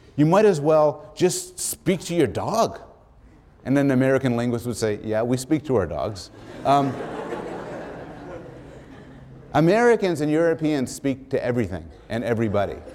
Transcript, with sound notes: You might as well just speak to your dog." And then the American linguist would say, "Yeah. We speak to our dogs." [laughter] Americans and Europeans speak to everything and everybody.